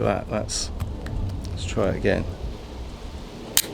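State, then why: Seated. A magnetic mount plate is brought back to a NEEWER CM28 PRO wireless lavalier transmitter for a second attempt while someone talks. It snaps on with a sharp click at 3.6 s, and the magnet holds it firmly in place.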